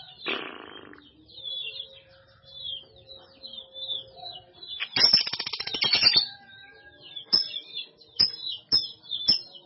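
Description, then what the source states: Canary song: high twittering with a fast rattling burst midway, then several sharp clicking notes. Kenari Jawara canary; Indonesian master recording.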